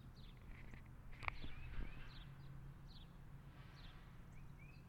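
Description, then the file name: Birds chirping: short high twittering notes and a few rising whistles over a steady low rumble, with a sharp knock early on. Birds outdoors. "Birds Outside Ambience"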